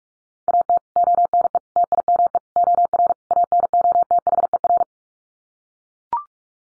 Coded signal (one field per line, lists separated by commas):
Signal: Morse code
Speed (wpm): 44 wpm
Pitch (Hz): 700 Hz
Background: none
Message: AT ONE TIME OR ANOTHER